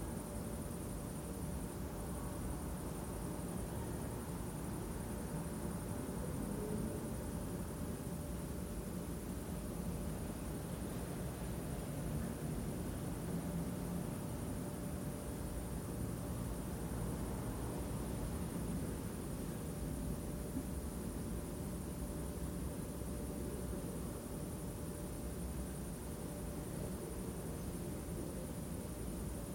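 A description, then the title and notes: Urban noise heard from a rear window: a steady, dense low rumble of traffic fills all thirty seconds with little change in level. A thin constant tone hums through the background, with a faint high whine above, and no distinct events stand out. Rear Window // Das Fenster zum Hof. Some urban noise around my rear window. (Be carefully, contains some unfiltered deep subbass rumble ).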